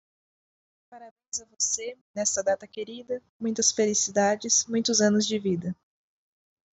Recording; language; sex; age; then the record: short text; Brazilian Portuguese; female; 20 to 29 years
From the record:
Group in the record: control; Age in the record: 28 years